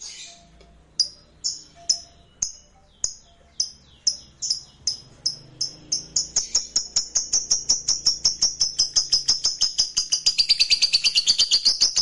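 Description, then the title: Lovebird song: sharp chirps spaced about half a second apart that speed up into a fast, continuous buzzy trill toward the end. "Suara Lovebird"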